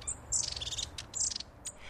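Long-tailed tit calls, buzzy rolling chirps in a few short bursts, over a faint low background hum.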